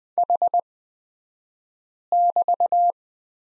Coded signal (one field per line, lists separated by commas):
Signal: Morse code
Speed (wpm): 20 wpm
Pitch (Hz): 700 Hz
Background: none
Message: H<BT>